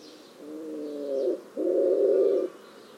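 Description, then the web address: Bird giving a single low call: a steady harmonic note about a second long, then a broader, rasping note of similar length; faint high sounds above. "cianscape. Deverinetal. Bird Only"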